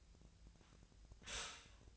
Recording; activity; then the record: daily activity, microphone in the room; stop toaster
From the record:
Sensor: 2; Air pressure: 1009.1 hPa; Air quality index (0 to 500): 186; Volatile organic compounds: 11 ppm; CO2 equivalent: 2304 ppm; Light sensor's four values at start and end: 23/57/24/26 and 23/57/24/26